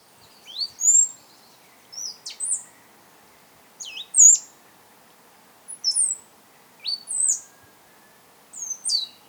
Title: Myiothlypis Nigrocristata